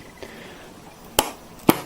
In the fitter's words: should hear two little clicks that means it's fully seated inside the RAM socket